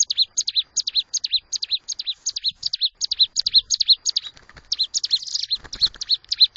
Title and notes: Kicau Ciblek new - putri sherin. kumpulan suara burung ciblek gacor dan anakan